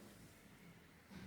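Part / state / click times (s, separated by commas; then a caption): front camera flex connector into phone mainboard socket / not seated / none. The front camera flex connector of a Samsung S20 phone is handled over its mainboard socket during a front camera swap, with only a low, steady hum and faint rustle and a slight swell near the end. Nothing has seated or clicked yet.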